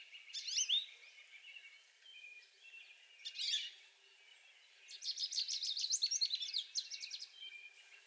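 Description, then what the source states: American goldfinch: high twittering song phrases, a brief burst near 3.5 seconds, then a sustained rapid run of varied sweet notes from 5 seconds onward. Recorded 7 May 2020.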